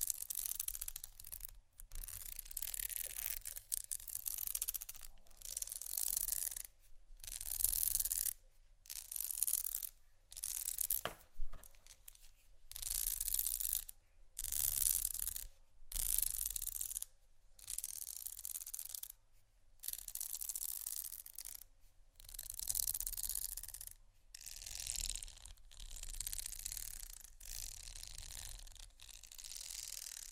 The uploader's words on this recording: ASMR Scratching Bumpy Items No Talking Rode Mics.